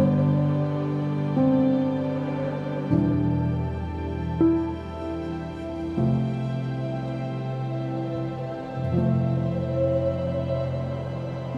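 Calming piano plays slow, sustained chords that shift roughly every one to three seconds, with clear changes near 3, 4.5, 6 and 9 seconds. Low and middle notes ring together under a few higher tones, and the volume stays fairly even throughout.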